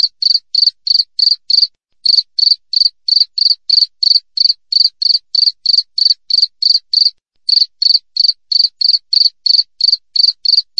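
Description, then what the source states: Cricket giving rapid, even chirps, roughly three each second, high-pitched and clear, with two short pauses in the sequence and no other sound. Clear wild cricket chirping with tightly spaced pauses, used as tutor audio for songbirds and to drive away rats.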